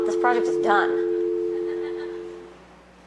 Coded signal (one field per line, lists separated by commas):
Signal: telephone call progress tone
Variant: North America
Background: speech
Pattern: dial tone